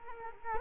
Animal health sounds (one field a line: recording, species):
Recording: mosquito wingbeat signal from an infrared sensor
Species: Culex quinquefasciatus